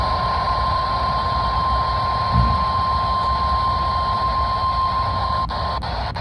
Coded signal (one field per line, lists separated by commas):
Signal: Emergency Alert System (SAME) tones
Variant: 1050 Hz attention tone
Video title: EAS - CRP Required Weekly Test on WXK26 - 10/26/2022